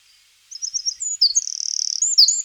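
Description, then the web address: Eurasian wren song, very high and energetic, with quick chipping notes leading into a long, fast buzzy trill and further sharp twittered phrases. Recorded in 2004. "gesang. roche 2004 zaunkoenig"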